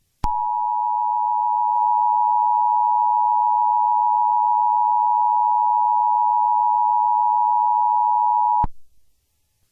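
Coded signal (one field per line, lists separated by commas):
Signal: Emergency Alert System (SAME) tones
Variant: 853 and 960 Hz attention tone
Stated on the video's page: Simulated World War III alert scenario, remastered.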